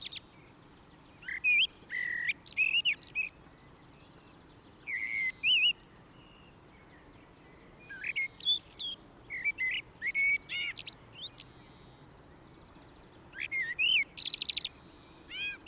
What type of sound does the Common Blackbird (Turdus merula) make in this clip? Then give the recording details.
song. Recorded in the wild. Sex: male. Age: adult. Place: Garmisch-Partenkirchen, Bayern, DE. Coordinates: 47.4925, 11.0739. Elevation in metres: 709. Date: 1969-04-10. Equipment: Original Vollspur. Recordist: Tretzel, Erwin